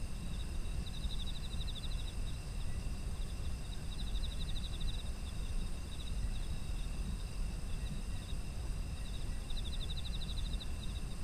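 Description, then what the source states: Insect trills arrive in three distinct bursts of fast pulses, separated by quieter spells, with a steady high chorus and low rumble throughout. Ambient sound of autumn insects.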